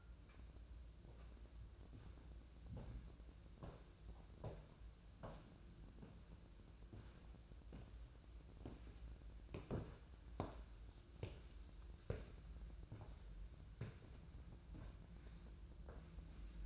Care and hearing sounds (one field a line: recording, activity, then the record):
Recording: daily activity, microphone in the room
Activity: walk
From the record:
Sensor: 2